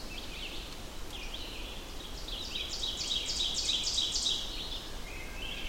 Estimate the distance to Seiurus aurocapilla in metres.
about 40 m